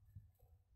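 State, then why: Not seated. A memory module, most likely RAM, is handled and pressed toward a slot on a desktop PC motherboard. Low thumping handling sounds and brief knocks are heard over a steady low hum. Nothing has seated or clicked yet.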